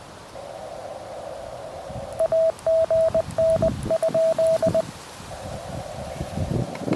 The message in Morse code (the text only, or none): AGN?